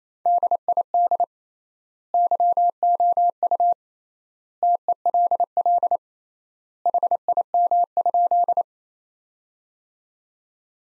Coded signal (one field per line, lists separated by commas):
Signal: Morse code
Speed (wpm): 28 wpm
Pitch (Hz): 700 Hz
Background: none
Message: DID YOU TELL HIM?